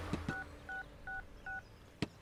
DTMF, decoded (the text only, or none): 6666